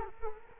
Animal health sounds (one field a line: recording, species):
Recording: mosquito wingbeat signal from an infrared sensor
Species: Culex quinquefasciatus